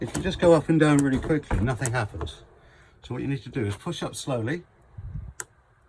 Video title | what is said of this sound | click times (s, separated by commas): 2021 Elddis Affinity 554 Handover video from Wiltshire Caravans | you hear that click let go it's at its first point go again | 5.4 s